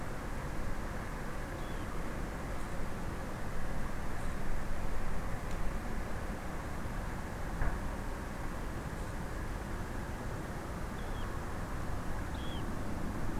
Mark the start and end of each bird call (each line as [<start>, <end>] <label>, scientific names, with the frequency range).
[1.57, 1.88] Calidris alpina (2.9-4.0 kHz)
[10.95, 11.27] Calidris alpina (2.7-3.7 kHz)
[12.32, 12.64] Calidris alpina (2.7-4.1 kHz)